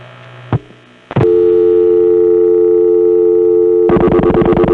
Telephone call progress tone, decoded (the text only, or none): dial tone